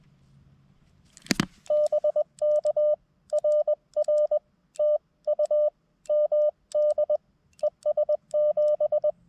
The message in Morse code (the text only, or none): BK RR TU MD ES 7